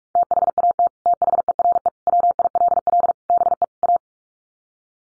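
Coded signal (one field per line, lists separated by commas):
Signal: Morse code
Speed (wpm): 44 wpm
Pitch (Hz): 700 Hz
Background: none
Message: THAT THERE WILL BE A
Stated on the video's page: Morse head-copy drill of common five-word English groups at 45 wpm, each set sent twice.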